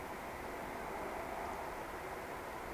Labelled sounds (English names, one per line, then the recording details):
Eurasian Woodcock whistle
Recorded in Baden-Württemberg, Germany, on 17 June 2020 at 20:24 UTC
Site 14569, 102 m above sea level